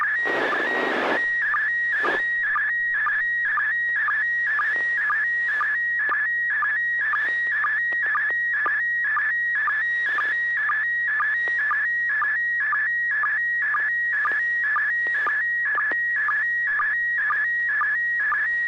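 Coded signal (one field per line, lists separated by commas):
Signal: SSTV (slow-scan television)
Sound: steady, slightly warbling high tone broken by rapid regular low ticks, after a noisy key-up burst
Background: radio hiss and low hum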